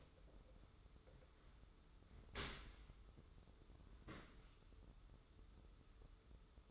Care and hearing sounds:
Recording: daily activity, microphone in the room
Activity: open dishwasher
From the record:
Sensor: 3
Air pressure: 995.7 hPa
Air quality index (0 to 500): 98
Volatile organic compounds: 14 ppm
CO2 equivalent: 2455 ppm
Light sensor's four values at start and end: 28/85/36/31 and 28/85/36/31

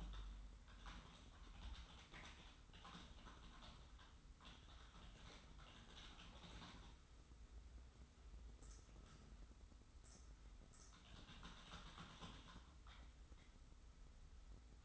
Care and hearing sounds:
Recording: daily activity, microphone in the room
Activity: typing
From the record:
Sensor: 3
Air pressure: 990.9 hPa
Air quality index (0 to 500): 139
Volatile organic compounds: 261 ppm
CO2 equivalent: 4388 ppm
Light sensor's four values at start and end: 37/90/36/35 and 36/86/35/33

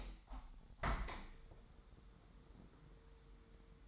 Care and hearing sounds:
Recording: daily activity, microphone in the room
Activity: open window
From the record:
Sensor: 3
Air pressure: 999.8 hPa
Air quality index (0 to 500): 219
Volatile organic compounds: 81 ppm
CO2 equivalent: 3612 ppm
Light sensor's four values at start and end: 9/22/9/9 and 10/23/9/9

